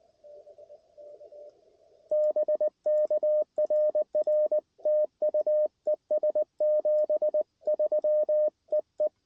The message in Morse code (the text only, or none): BK RR TU ES 73 EE